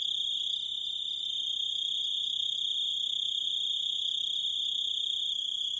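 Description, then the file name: Grasshopper stridulating: a shrill, level, continuous buzz with no pauses over several seconds. "zvuki kuznechika"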